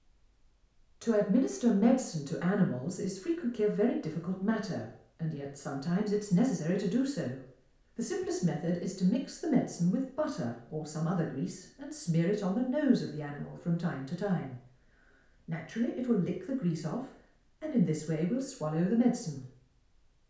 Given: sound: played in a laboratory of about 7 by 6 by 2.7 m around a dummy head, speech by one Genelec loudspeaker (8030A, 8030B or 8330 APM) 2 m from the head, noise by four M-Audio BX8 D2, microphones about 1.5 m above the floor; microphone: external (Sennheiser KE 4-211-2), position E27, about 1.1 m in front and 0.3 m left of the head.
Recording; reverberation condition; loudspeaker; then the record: female speech in English; medium; 60 degrees to the right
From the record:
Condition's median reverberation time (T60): about 510 ms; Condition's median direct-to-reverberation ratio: about -0.5 dB